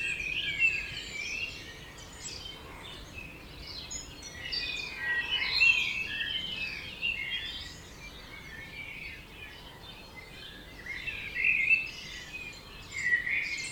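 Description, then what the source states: Birds singing in a chorus, a continuous wash of overlapping chirps and whistles, louder bursts near the end, over steady hiss. Dawn chorus recorded at 4am in Oberhofen, Inntal valley, Austria; binaural recording, best heard with headphones.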